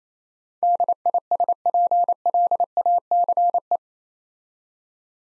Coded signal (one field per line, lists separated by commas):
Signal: Morse code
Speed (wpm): 29 wpm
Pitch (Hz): 700 Hz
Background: none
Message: DISPLACE